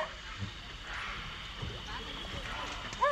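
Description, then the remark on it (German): A steady wash of water and low engine-like rumble as a boat carrying a boatman and several hunters moves along a river in the rainforest, with faint sloshing throughout and a brief high chirp near the end. “Im Boot sind außer mir der Bootsmann und einige Jäger.”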